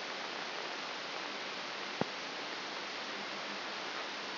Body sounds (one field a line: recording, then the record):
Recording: brain microelectrode recording played as sound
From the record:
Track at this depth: outside the subthalamic nucleus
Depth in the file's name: 6.501 mm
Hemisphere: left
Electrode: 2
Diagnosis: Parkinson's disease